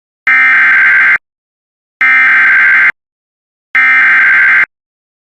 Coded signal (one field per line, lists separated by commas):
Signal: Emergency Alert System (SAME) tones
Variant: header bursts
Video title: SVR for Forest and Florence, WI (EAS #115)